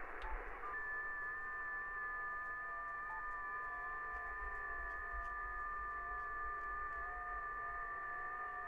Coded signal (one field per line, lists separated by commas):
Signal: FT8